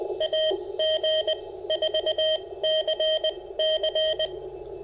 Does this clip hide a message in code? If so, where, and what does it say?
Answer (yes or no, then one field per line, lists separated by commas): yes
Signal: Morse code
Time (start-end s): 0.2-4.3 s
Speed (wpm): 19 wpm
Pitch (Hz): 3150 Hz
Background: none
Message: AG4CC